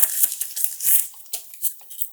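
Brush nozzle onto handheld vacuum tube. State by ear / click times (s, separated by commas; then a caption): seated / 1.3 s. A regular brush nozzle is pushed onto the plastic tube of a Xiaomi MiJia Shunzao Z1 Pro cordless handheld vacuum cleaner, with rustling, crinkly handling noise and a few small knocks. A sharp click at 1.3 s marks the nozzle locking in place, the same way as the other nozzle attaches.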